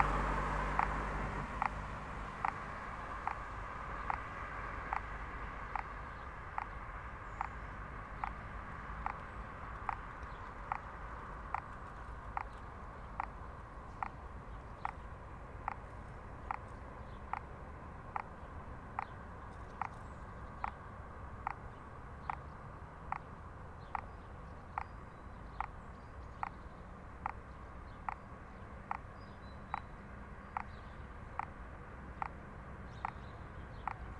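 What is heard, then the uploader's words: A crosswalk signal on a wide city boulevard ticks steadily, a sharp click a little under once a second for the whole clip. Behind it is a low, constant rumble of traffic, a bit louder at the very start as a vehicle passes. Croswalk on Straße des 17. Juni - Berlin, Germany. Croswalk on Straße des 17. Juni, between Brandenburg Gate and the Victory Column.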